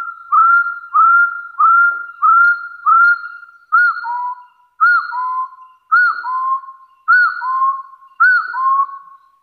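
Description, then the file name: Hill partridge whistles: single rising notes repeated quickly, then changing to slower pairs of high and low whistled notes. "Tieng ga so nui"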